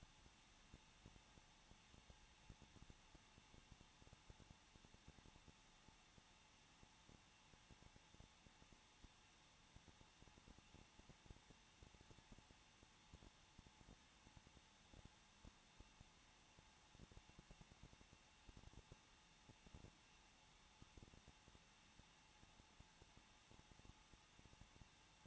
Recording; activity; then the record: daily activity, microphone in the room; no activity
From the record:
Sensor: 1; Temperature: 20.1 degrees Celsius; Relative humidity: 39.4%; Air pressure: 1006.3 hPa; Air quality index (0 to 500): 219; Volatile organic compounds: 82 ppm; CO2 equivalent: 3621 ppm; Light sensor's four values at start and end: 1/2/1/1 and 1/2/1/1